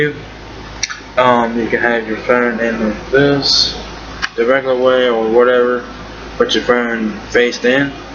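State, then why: Not seated. An LG V20 phone in its rugged OtterBox Defender case is being handled with the plastic belt-clip holster, to be placed face down and pushed in until the holster latch clicks, while someone talks. A sharp transient is heard at 0.8 s, but the phone has not seated or clicked into the holster yet.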